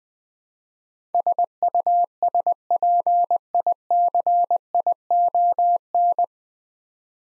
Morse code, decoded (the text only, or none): SUSPICION